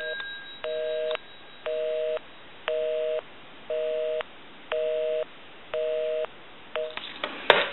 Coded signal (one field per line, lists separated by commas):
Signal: telephone call progress tone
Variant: North America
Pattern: busy tone